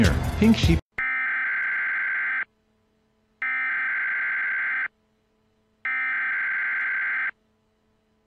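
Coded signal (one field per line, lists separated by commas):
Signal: Emergency Alert System (SAME) tones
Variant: header bursts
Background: speech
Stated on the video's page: Tornado Emergency alert in a fan-made series; the tones may be valid.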